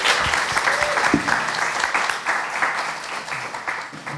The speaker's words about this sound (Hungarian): Velünk nagy tapsot kérünk neki.